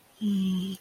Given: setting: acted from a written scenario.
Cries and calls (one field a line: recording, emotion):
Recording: vocal sound without words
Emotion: embarrassment